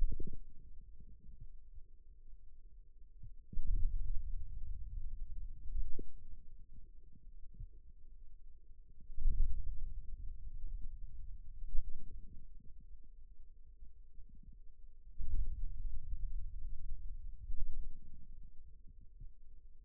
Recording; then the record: forearm muscle sounds (acoustic myography)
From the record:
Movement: ulnar deviation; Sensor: system 2, bracelet of six BSWA MPA416 microphones around the upper forearm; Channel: 5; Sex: male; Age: 22 years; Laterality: right